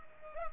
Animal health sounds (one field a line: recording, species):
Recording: mosquito wingbeat signal from an infrared sensor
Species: Culex pipiens